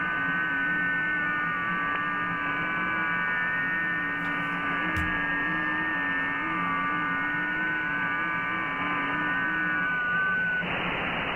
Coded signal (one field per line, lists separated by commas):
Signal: FT8